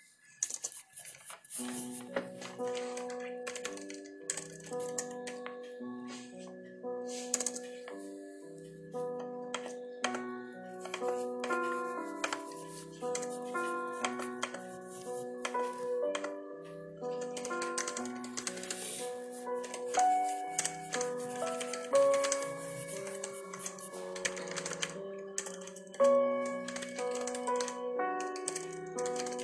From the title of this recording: soft piano music. Pencil, flipping pages and typing ASMR